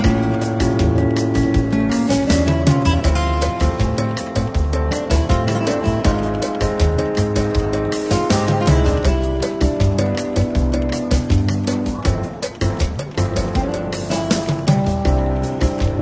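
Soft, relaxed jazz plays in a London bookshop café, with low bass notes moving steadily beneath held chords and a light, regular tick of cymbals throughout. The level stays even for the whole stretch, easing briefly around the twelfth second.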